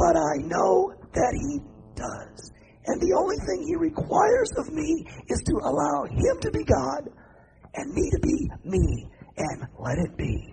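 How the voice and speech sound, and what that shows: Adult male pastor teaching in a raspy whisper, with severe dysphonia. He lost his voice suddenly mid-sermon three years earlier. Damage to the myelin sheath of his vocal cords was found, and voice therapy could not help.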